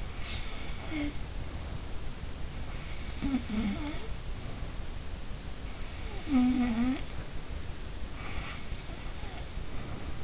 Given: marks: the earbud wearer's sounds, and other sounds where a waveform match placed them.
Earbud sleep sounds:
sounds in sleep by an in-ear microphone; snoring breath
0.09-2.07 s: snoring breath
2.53-5.07 s: snoring breath
5.91-7.35 s: snoring breath
8.06-10.24 s: snoring breath

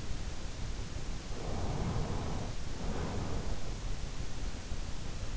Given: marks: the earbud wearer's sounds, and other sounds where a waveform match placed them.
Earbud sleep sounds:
sounds in sleep by an in-ear microphone; breath
1.02-3.94 s: breath

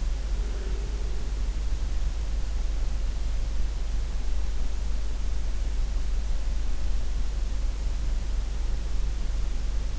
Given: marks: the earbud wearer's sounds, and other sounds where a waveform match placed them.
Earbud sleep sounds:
sounds in sleep by an in-ear microphone; breath
0.00-1.42 s: breath

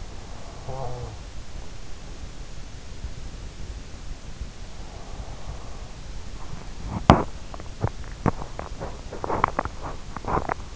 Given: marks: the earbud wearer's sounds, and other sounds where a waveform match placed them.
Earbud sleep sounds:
sounds in sleep by an in-ear microphone; snoring breath, breath, teeth grinding
0.00-2.04 s: snoring breath
4.46-6.88 s: breath
6.74-10.76 s: teeth grinding

